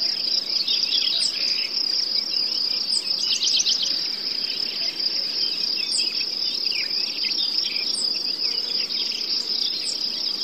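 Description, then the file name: Crickets and forest birds: crickets ring in a constant high trill while small birds add quick chirps and twitters throughout. Forest soundscape with birds and crickets. "les ptici kukushki sverchki zhuzhzhanie muhi"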